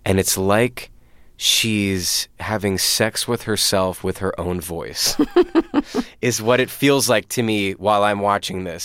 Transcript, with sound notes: And it's like she's having sex with herself with her own voice... (Laughter) ...Is what it feels like to me while I'm watching this.